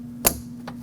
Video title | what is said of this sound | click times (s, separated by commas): How to Replace Front Window Regulators with Motor 2005-2021 Nissan Frontier | Fish your wiring harness and clip it in, make sure it clicks. | 0.3 s